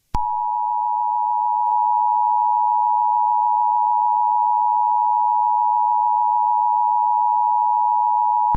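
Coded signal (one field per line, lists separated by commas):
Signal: Emergency Alert System (SAME) tones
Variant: 853 and 960 Hz attention tone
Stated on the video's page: Fictional EAS scenario.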